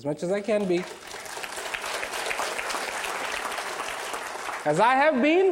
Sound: applause